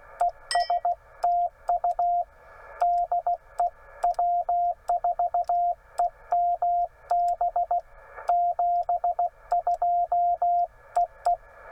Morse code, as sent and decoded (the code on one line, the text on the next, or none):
. ... - ..- / -.. . / .-- ....- . -- -... / --... ..--- . .
ESTU DE W4EMB 72EE